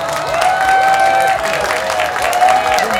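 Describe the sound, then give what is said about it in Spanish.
An audience breaks into steady, loud applause to welcome a guest to the program, a dense wash of clapping that holds for about three seconds, with some whooping and cheering voices rising above it. “Oiga, bienvenido, un aplauso.”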